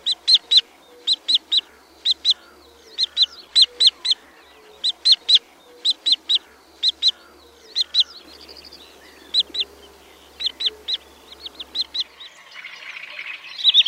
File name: Łęczak